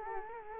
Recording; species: mosquito wingbeat signal from an infrared sensor; Culex quinquefasciatus